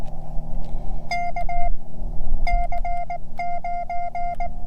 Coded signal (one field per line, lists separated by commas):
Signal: Morse code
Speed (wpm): 19 wpm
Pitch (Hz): 700 Hz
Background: none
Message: KC9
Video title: My Morse Code Journey: Cheyenne Mountain